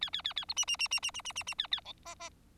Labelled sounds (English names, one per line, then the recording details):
Bengalese Finch song
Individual Bird4